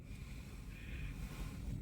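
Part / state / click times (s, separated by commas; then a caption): seat belt tongue into buckle / not seated / none. A learner grabs the seat belt clip from the upper right side and pulls the belt down across the body toward the hip, before pressing the tongue into the buckle. Only a steady, broadband rumbling hiss is heard, with no distinct transients. The seat belt has not clicked into the buckle yet.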